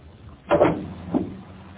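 A car hood is lifted open in a garage with a broad metallic clunk and rattle, followed a moment later by a shorter, softer knock as it settles. No one speaks.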